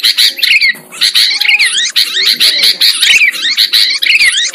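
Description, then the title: Lovebird twittering, continuous shrill chirps and squeaks overlapping in a rapid, busy stream. Lovebird sound used as a lure for trapping birds. "PIKAT BURUNG LOVEBIRD"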